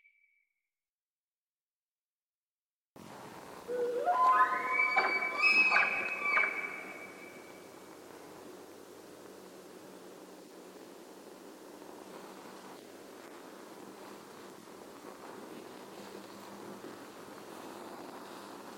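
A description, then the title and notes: A male elk bugles in a forest glade: after about three seconds of silence, a rising, whistling call climbs steeply in pitch with a rough undertone and fades by seven seconds. Afterward only a steady, soft outdoor hiss remains until the end. Roosevelt Elk. The largest surviving species of elk in North America, endemic to the Olympic Peninsula but found up and down the Pacific Northwest coastal regions. Bugling male in forest glade. Recorded with parabolic.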